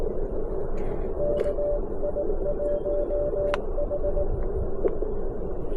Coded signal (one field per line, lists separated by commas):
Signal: Morse code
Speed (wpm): 20 wpm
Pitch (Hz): 590 Hz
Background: none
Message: KI1H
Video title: CFT1 | Small Radio...BIG EARS | POTA @ US-10173